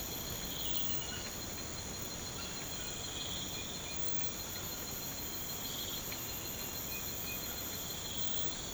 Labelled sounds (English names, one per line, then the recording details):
none
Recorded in pastures near Puerto Asís, Putumayo, Colombia, on 19 March 2025 at 04:30
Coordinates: 0.472, -76.329
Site G074